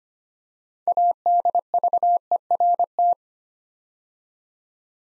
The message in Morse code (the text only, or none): ADVERT